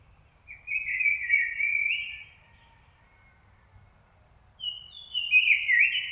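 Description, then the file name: Common blackbird song: two mellow warbling phrases separated by a pause, with a faint low background rumble. "Turdus merula"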